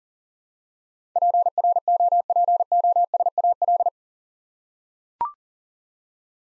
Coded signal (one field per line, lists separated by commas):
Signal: Morse code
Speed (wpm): 40 wpm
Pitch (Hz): 700 Hz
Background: none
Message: PROPOSAL